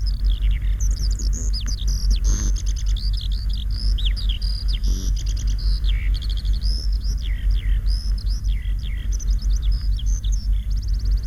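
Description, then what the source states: Eurasian Skylark song: a continuous stream of high, rapid chirps, slurred whistles and buzzy trills, tumbling without pause; low rumble underneath. Spring; silvery trills pouring in a continuous stream from the distant sky.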